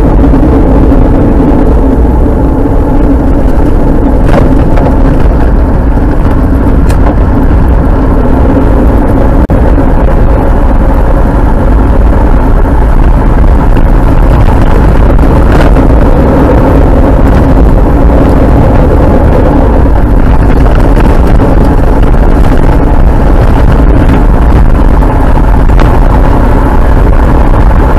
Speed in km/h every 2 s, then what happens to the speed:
35, 28, 22, 20, 33, 45, 47, 56, 53, 52, 53, 58, 64, 70.
0-6 slows to 20. 6-14 speeds up to 56. 14-20 steady at about 53. 20-28 speeds up to 70.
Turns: 2-5, 13-18.